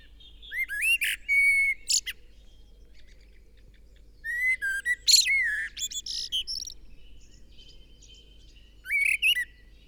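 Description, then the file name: Eurasian blackbird song, three phrases of melodious whistling mixed with high twittering, separated by short pauses. "Turdus merula"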